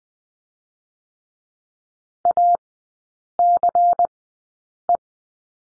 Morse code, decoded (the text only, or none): ACE